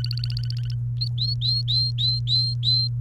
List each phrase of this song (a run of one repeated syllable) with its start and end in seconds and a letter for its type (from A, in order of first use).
0.00-0.75 A, 1.01-2.88 B